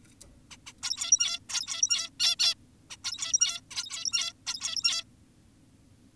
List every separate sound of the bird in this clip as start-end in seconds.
0.51-0.57, 0.66-0.73, 0.83-1.39, 1.50-2.10, 2.20-2.36, 2.40-2.55, 2.90-2.97, 3.04-3.61, 3.71-4.33, 4.47-5.04